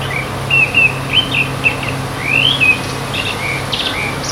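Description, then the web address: Eurasian blackcap song: clear whistled phrases given in short bursts over a steady low hum. "SETE data Sylvia atricapilla"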